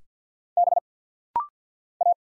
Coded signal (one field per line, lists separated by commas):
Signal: Morse code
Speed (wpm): 46 wpm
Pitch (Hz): 700 Hz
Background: none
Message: B A